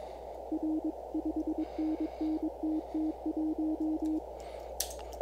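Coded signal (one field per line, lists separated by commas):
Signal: Morse code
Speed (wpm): 22 wpm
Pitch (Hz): 310 Hz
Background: none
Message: R 5NN TT1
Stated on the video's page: Morse from the Morse Runner contest simulator software, heard during a five-minute session.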